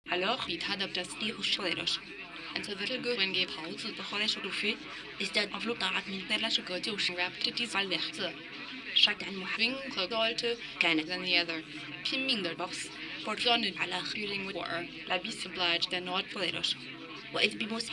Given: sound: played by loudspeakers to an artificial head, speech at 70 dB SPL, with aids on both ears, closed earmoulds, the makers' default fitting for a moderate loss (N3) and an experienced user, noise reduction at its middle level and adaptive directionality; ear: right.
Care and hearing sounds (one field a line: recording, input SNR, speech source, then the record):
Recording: speech test signal (ISTS) in cocktail-party noise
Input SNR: +6 dB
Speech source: on the right (90 degrees)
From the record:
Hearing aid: class 2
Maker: D